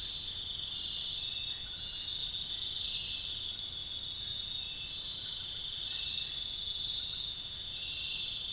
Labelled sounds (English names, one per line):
none